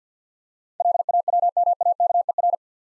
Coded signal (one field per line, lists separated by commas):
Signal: Morse code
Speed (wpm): 45 wpm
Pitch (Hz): 700 Hz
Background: none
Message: LAWMAKER